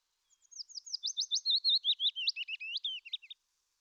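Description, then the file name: Willow warbler singing one gentle descending phrase of rapid, clear notes, growing louder then trailing away lower toward the end. "fitis"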